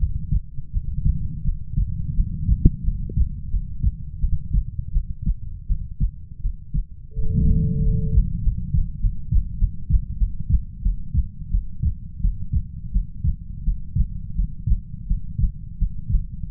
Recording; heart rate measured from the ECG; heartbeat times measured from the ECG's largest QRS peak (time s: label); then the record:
heart sounds by stethoscope; 88 bpm
0.71 s: heartbeat
1.43 s: heartbeat
2.14 s: heartbeat
2.83 s: heartbeat
3.49 s: heartbeat
4.19 s: heartbeat
4.92 s: heartbeat
5.67 s: heartbeat
6.41 s: heartbeat
7.14 s: heartbeat
7.82 s: heartbeat
8.42 s: heartbeat
9.00 s: heartbeat
9.58 s: heartbeat
10.17 s: heartbeat
10.82 s: heartbeat
11.50 s: heartbeat
12.20 s: heartbeat
12.92 s: heartbeat
13.64 s: heartbeat
14.35 s: heartbeat
15.07 s: heartbeat
15.78 s: heartbeat
16.47 s: heartbeat
From the record:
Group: healthy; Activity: rest 0-10 s, breath hold 10-17 s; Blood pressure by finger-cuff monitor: 104/65 mmHg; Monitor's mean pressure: 80 mmHg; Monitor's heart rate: 84 bpm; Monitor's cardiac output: 7.2 L/min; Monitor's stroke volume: 83 mL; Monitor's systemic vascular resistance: 790 dyn s/cm5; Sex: female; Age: 19 years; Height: 163 cm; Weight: 48.9 kg